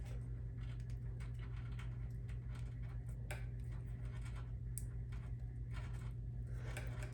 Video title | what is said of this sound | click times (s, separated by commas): Harvest Right Epoxy Harness Replacement | heard that one click real faint and | 4.8 s